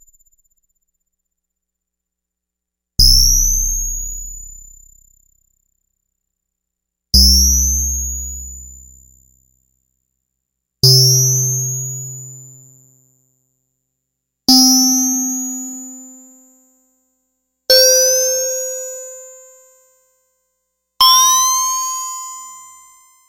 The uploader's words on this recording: Haunted Bells. Triangle Wave - 100%. LPF Cutoff - 75% (Mostly open) Resonance - 100%.